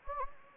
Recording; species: mosquito wingbeat signal from an infrared sensor; Anopheles gambiae